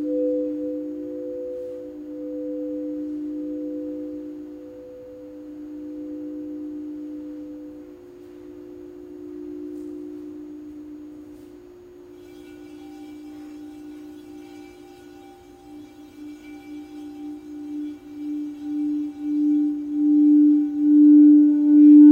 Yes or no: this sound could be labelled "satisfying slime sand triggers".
no